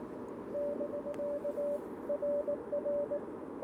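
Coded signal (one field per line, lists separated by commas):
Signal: Morse code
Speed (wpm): 20 wpm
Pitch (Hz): 590 Hz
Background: radio noise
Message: <BK> RR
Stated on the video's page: Morse code keyed for a quick parks on the air activation using a CFT-1 radio and a PERformer 17-foot whip antenna, covering 20m to 10m.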